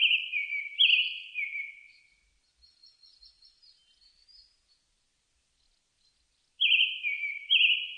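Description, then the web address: Japanese thrush sings a phrase of ringing whistled notes, faint high twittering follows in the pause, then another whistled phrase begins. Recorded 4 May 2001. "2001 010504 kurotugumi"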